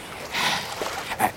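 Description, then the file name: Whale blow, a brief breathy whoosh followed by a second short puff. Whale surfacing. "Der Wal taucht auf"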